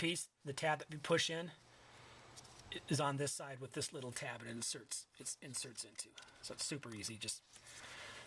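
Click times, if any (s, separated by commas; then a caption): none. On a BMW E46, an oxygen sensor electrical plug is handled and lined up, tab side, with its mating plastic wiring harness connector while someone talks throughout. Nothing has seated or clicked yet; the clip ends just before the connector goes home.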